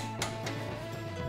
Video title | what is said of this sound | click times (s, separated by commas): Volkswagen Jetta Sway Bar Links Moog Replacement 07-14 | we've set our torque there's the click and | 0.2 s